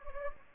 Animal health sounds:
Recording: mosquito wingbeat signal from an infrared sensor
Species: Anopheles gambiae

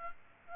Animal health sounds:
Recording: mosquito wingbeat signal from an infrared sensor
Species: Culex quinquefasciatus

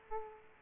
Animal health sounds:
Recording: mosquito wingbeat signal from an infrared sensor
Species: Aedes aegypti

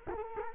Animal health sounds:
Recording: mosquito wingbeat signal from an infrared sensor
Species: Culex quinquefasciatus

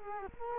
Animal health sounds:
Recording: mosquito wingbeat signal from an infrared sensor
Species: Culex quinquefasciatus

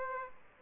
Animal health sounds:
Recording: mosquito wingbeat signal from an infrared sensor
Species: Aedes aegypti

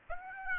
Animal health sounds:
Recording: mosquito wingbeat signal from an infrared sensor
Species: Aedes aegypti

